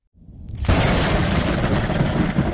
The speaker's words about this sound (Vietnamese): Một tiếng sấm ầm vang